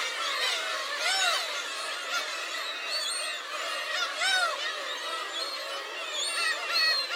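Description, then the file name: Gull flock calling: many overlapping mewing and yelping cries, some rising and falling, forming a constant noisy chorus. Large group of gulls, Hachinohe, Japan. "BIRD SEAGULLS HACHINOHE LARGE GROUP"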